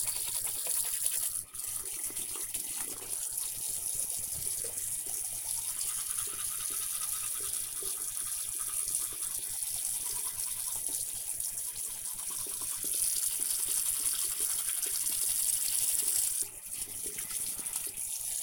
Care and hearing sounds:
household activities, microphone on the right wrist
0.00-18.43 s: brushing teeth

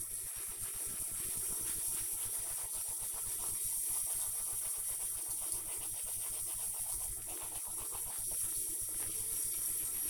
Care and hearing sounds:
household activities, microphone on the right wrist
0.00-10.09 s: brushing teeth

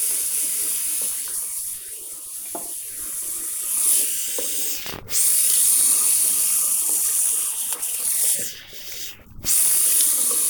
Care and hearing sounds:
household activities, microphone on the right wrist
0.00-10.50 s: brushing teeth

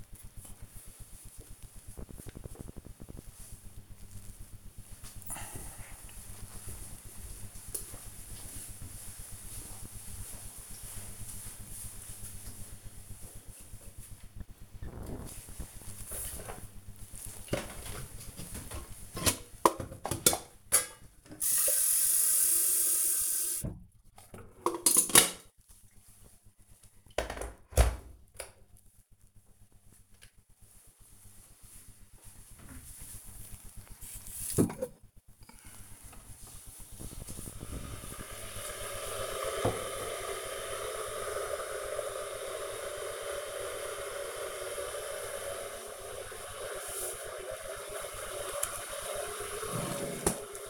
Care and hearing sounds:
household activities, microphone on the right wrist
14.71-50.70 s: making tea

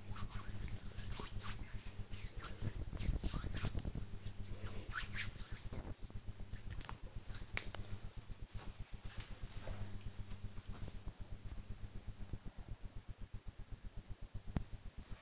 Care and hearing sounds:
household activities, microphone on the right wrist
0.00-5.92 s: disinfecting hands

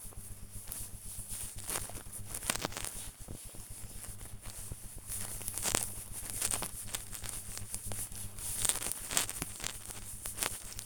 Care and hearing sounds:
household activities, microphone on the right wrist
0.00-10.86 s: petting the dog

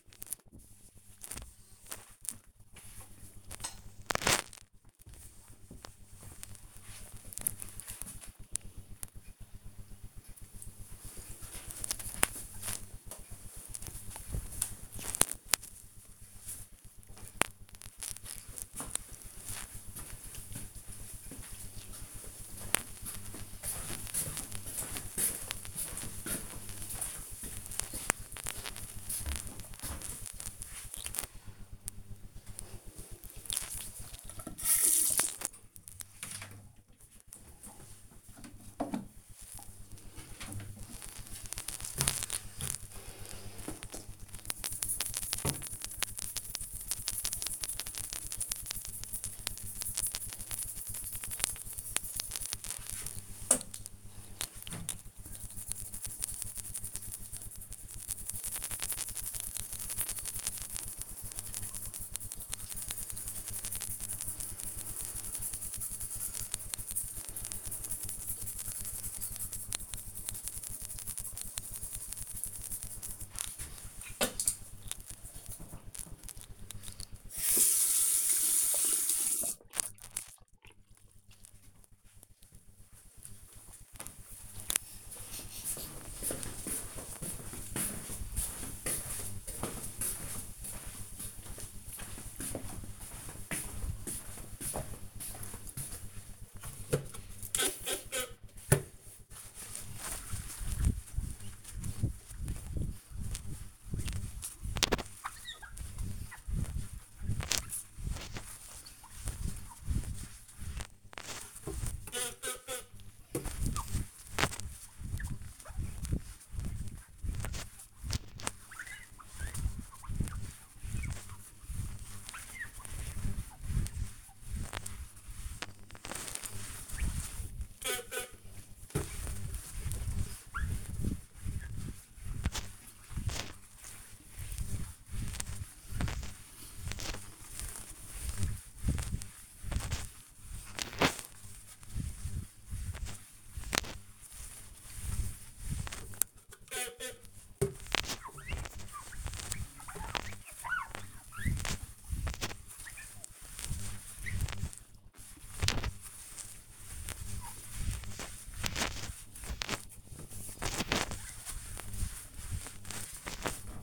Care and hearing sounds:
household activities, microphone on the right wrist
32.35-80.72 s: brushing teeth
95.86-163.83 s: window cleaning

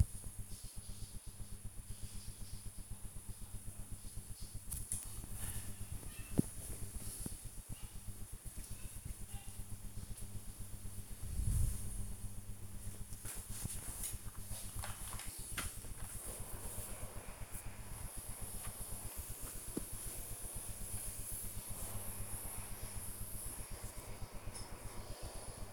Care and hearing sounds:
household activities, microphone on the right wrist
0.00-25.73 s: ironing laundry

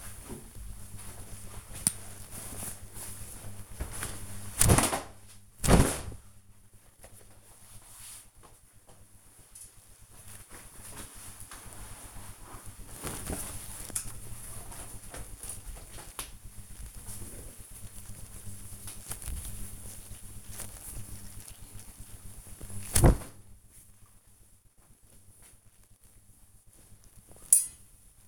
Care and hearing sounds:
household activities, microphone on the right wrist
0.00-28.28 s: hanging up laundry

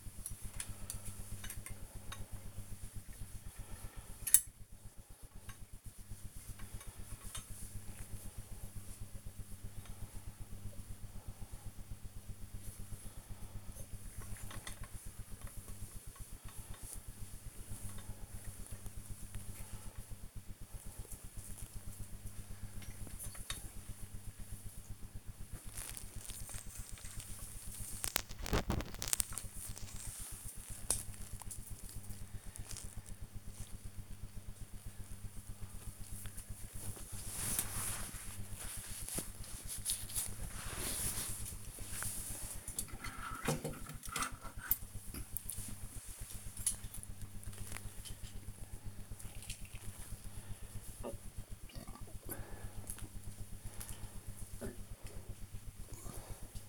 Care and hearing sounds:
household activities, microphone on the right wrist
0.00-22.94 s: dusting model cars
35.03-56.69 s: dusting model cars

